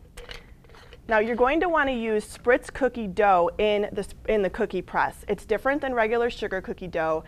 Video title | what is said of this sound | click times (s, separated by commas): Using Your Spritz Cookie Press | engage the plunger you simply turn it so that the teeth are facing towards the handle and you'll begin to hear a click like that now | 0.2 s, 0.3 s